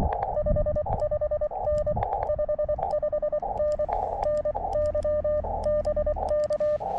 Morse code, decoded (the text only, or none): 55N 55N NY BK